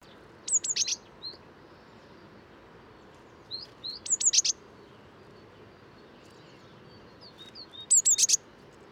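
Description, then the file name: Eurasian blue tit calling in three bursts of three or four very high, thin, down-slurred notes about every three and a half seconds, with soft chips between. "Cyanistes caeruleus"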